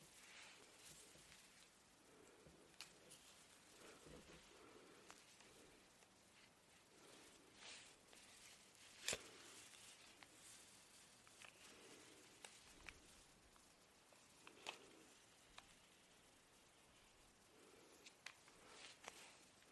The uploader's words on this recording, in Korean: Hair brushing. 슥슥 고데기 하는 소리.